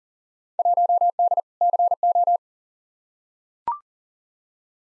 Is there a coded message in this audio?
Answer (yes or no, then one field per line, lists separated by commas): yes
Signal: Morse code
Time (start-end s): 0.6-2.4 s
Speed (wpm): 40 wpm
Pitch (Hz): 700 Hz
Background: none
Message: 1D CO